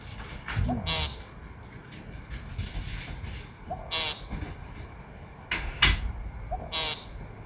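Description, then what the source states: Woodcock uttering three buzzy nasal calls, each led by a soft whoop, with a sharp click and some faint knocking sounds in between. Recorded on a phone and normalized; a quiet whoop, possibly an in-drawn breath, comes just before every call.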